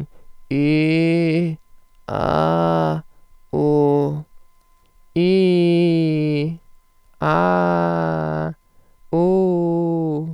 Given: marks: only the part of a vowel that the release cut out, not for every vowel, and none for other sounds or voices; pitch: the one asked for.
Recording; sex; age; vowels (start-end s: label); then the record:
sustained vowels; male; 20 to 29 years
0.57-1.39 s: vowel /i/, low pitch
2.18-2.91 s: vowel /a/, low pitch
3.56-4.08 s: vowel /u/, low pitch
5.20-6.39 s: vowel /i/, low-high-low pitch
7.26-8.39 s: vowel /a/, low-high-low pitch
9.16-10.13 s: vowel /u/, low-high-low pitch
From the record:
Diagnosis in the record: functional dysphonia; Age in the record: 20 years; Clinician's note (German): Leichte Form; Stottern